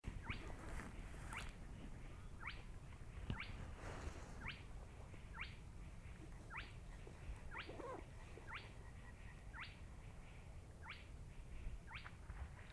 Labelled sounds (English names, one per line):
Spotted Crake